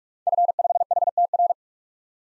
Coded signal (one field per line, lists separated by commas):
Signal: Morse code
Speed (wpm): 42 wpm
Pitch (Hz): 700 Hz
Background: none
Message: F5HTR